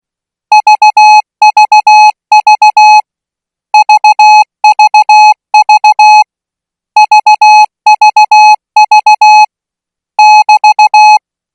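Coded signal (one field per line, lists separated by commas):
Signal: Morse code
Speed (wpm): 16 wpm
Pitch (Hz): 850 Hz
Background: music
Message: VVV VVV VVV <BT>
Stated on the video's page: Thai Morse code at 20 words per minute.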